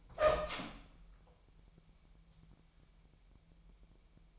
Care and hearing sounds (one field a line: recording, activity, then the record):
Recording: daily activity, microphone in the room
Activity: open door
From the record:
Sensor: 1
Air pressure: 998.4 hPa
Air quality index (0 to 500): 134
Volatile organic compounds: 4 ppm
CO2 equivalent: 1600 ppm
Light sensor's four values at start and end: 18/61/24/25 and 18/61/24/25